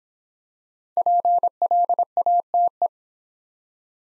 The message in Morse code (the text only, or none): PLATE